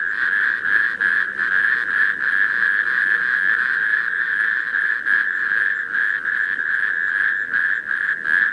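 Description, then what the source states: Natterjack toads giving a dense, unbroken rattling churr, several callers overlapping so the trill pulses slightly in loudness throughout. Several natterjack toads calling together.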